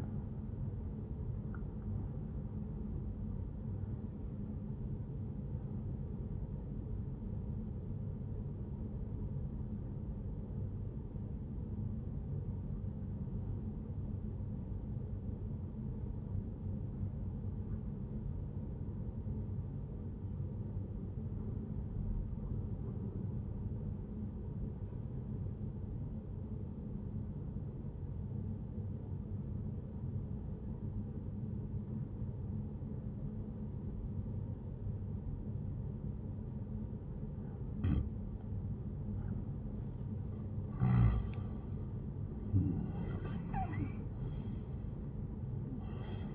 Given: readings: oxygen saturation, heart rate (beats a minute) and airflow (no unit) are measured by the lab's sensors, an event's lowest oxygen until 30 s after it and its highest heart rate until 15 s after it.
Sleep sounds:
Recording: breathing in sleep by a smartphone at the bedside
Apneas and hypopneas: 1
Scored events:
4.00-46.35 s: new sleep stage, N1 (lightest sleep)
7.00-38.40 s: obstructive apnea (N1, oxygen 96% highest, then 87% lowest, heart rate 75 at the start, 88 highest)
From the record:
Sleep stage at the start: N2 (light sleep)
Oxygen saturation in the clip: 88 to 96%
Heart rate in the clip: 71 to 88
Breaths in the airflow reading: 2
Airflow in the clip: -12.8 to 15.8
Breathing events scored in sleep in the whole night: 131 in 7.2 hours asleep

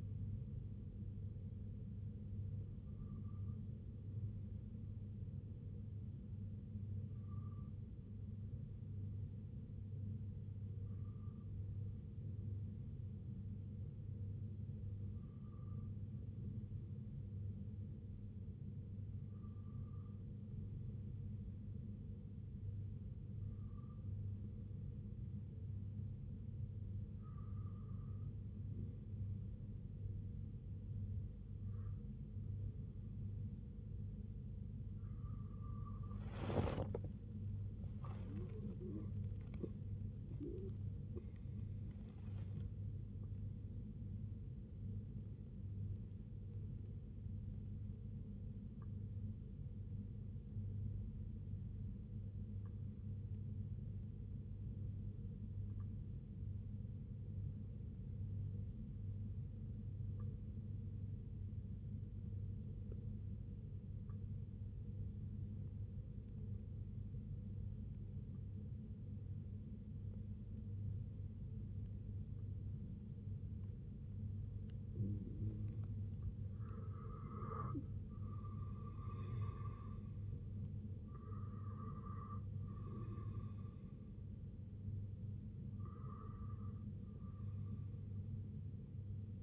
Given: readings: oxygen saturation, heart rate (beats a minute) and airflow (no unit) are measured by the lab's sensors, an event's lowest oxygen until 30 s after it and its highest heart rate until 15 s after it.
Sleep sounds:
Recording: breathing in sleep by a smartphone at the bedside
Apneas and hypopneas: 2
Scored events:
24.00-40.40 s: hypopnea (N2, oxygen 94% highest, then 93% lowest, heart rate 67 at the start, 82 highest)
43.00-78.20 s: hypopnea (N2, oxygen 95% highest, then 87% lowest, heart rate 82 at the start, 82 highest)
52.00-82.00 s: new sleep stage, N1 (lightest sleep)
82.00-89.43 s: new sleep stage, N2 (light sleep)
From the record:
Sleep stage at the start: N2 (light sleep)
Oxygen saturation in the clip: 87 to 95%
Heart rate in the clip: 59 to 82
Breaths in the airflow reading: 20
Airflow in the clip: -12.3 to 8.9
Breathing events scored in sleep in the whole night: 258 in 7.4 hours asleep

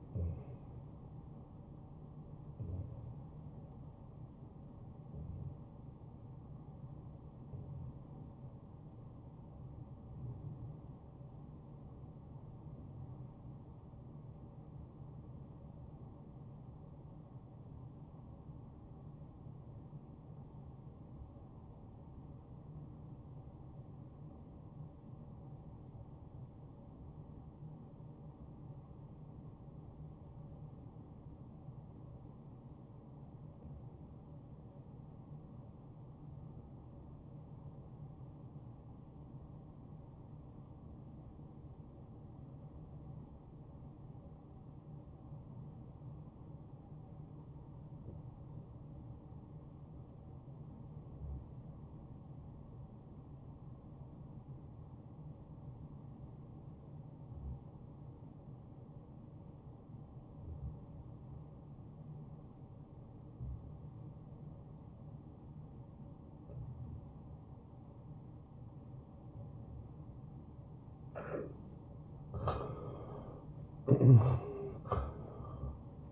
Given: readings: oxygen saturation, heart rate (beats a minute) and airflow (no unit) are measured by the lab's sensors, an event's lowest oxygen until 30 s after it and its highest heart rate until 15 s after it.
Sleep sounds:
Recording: breathing in sleep by a smartphone at the bedside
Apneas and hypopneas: 1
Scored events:
13.00-76.12 s: new sleep stage, REM sleep
15.00-69.10 s: obstructive apnea (REM, oxygen 95% highest, then 73% lowest, heart rate 70 at the start, 87 highest)
From the record:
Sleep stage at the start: N1 (lightest sleep)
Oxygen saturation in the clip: 80 to 95%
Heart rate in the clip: 56 to 76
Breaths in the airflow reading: 5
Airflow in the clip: -17.0 to 9.1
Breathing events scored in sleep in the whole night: 263 in 5.5 hours asleep

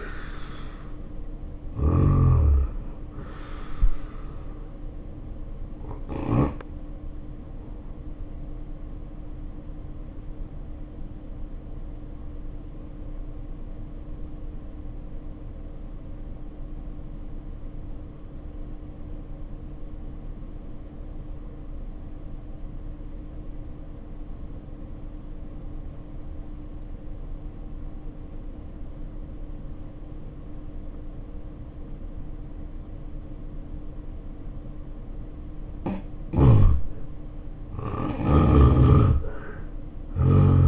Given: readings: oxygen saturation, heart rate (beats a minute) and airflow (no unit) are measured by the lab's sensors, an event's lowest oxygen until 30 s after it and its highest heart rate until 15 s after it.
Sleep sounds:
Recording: breathing in sleep by a smartphone at the bedside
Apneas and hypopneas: 1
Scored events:
0.00-10.00 s: awake
7.00-37.00 s: new sleep stage, N1 (lightest sleep)
10.00-36.30 s: obstructive apnea (N1, oxygen 91% highest, then 69% lowest, heart rate 59 at the start, 86 highest)
37.00-40.68 s: awake
37.00-40.68 s: new sleep stage, awake
From the record:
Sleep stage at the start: awake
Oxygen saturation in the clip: 69 to 91%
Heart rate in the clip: 57 to 81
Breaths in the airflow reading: 3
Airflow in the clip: -4.6 to 5.9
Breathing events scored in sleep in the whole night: 520 in 7.2 hours asleep

